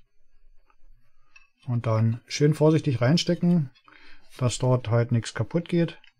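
A mini stick module is carefully handled for insertion into a circuit board slot, with faint handling sounds near 0.7 s and 1.4 s before someone talks over the rest of the clip. Nothing has seated or clicked into place yet.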